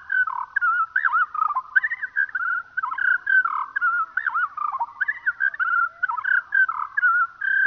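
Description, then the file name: Eurasian skylark song at reduced speed: restless, bubbling run of looping chirps and short slurred whistles, repeated in quick uneven bursts without pause. Played slowed down. "skylark slowed down"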